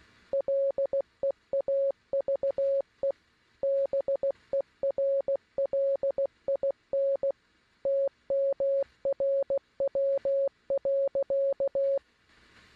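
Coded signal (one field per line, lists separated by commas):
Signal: Morse code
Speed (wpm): 16 wpm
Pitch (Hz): 550 Hz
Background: none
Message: LEAVE BERLIN TMRW.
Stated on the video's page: Morse code in a student short film depicting British use of Morse during World War II; a dramatization.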